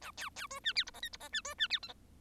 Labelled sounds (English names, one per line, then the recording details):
Bengalese Finch song
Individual Bird1